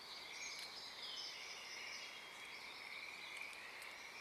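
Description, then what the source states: Pacific tree frog chorus, a dense, steady wash of overlapping calls from many frogs. Wild chorus starting and stopping, recorded in the morning of Friday April 7 2023, Oaks Bottom Wildlife Refuge, Portland, Oregon, USA; calling uncommon at that time of day.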